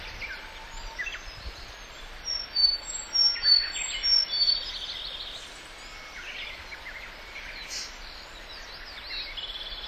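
Pale-legged warbler calls: short high thin notes and buzzy chips, clustered in the middle seconds, over steady insect-like background hiss.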